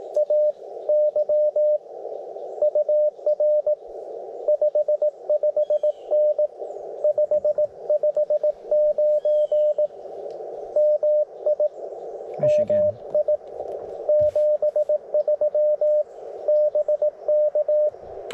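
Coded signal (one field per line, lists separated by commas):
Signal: Morse code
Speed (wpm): 21 wpm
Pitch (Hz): 590 Hz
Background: radio noise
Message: AY UR 55N 559 MI MI 73 BK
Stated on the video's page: CW Parks on the Air activation on 30m and 17m with homemade lightweight vertical antenna, during a contest weekend; iambic paddle.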